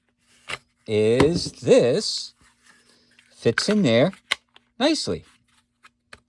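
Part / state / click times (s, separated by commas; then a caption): pistol into polymer holster / seated / 6.1 s. Someone talks as a Springfield Armory XDs 45 ACP Mod 2 pistol with an optic is pushed into a polymer outside-the-waistband holster. A sharp snap at 6.1 s marks the pistol seating in the holster, which holds it in.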